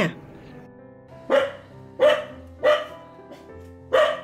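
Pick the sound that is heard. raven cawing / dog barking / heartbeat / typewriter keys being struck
dog barking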